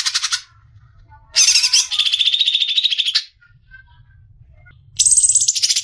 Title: mster Mnuk. MASTERAN CUCAK IJO NGEKEK PANJANG COCOK BAGI YANG MAU TARUNG KICAU